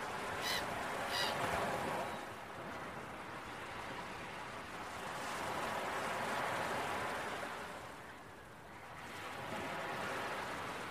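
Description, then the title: Gull squawks, two harsh bursts in the first two seconds, then only the rhythmic surge of breaking waves. Seagulls calling with beach waves early in the morning. "Early Morning Seagulls and Beach Waves"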